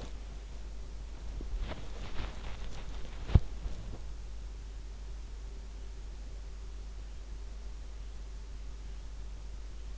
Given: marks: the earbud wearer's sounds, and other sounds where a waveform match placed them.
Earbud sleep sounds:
sounds in sleep by an in-ear microphone; body movement
0.00-4.20 s: body movement

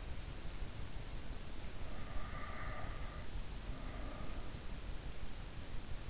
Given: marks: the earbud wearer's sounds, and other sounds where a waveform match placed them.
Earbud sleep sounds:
sounds in sleep by an in-ear microphone; breath
1.66-4.64 s: breath

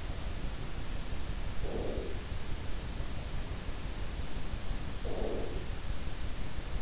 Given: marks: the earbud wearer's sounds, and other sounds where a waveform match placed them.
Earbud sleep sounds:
sounds in sleep by an in-ear microphone; breath
1.40-2.63 s: breath
4.78-6.06 s: breath

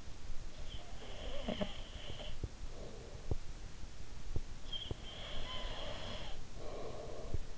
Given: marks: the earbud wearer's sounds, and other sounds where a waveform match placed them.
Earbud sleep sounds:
sounds in sleep by an in-ear microphone; breath
0.34-3.56 s: breath
4.69-7.58 s: breath

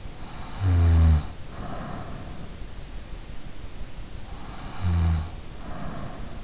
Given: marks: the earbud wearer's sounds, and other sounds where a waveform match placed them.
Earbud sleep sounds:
sounds in sleep by an in-ear microphone; snoring breath
0.15-2.29 s: snoring breath
4.16-6.44 s: snoring breath

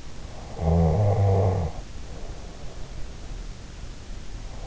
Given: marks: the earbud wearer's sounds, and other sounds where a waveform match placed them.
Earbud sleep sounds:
sounds in sleep by an in-ear microphone; snoring breath
0.53-3.24 s: snoring breath

